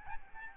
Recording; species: mosquito wingbeat signal from an infrared sensor; Aedes albopictus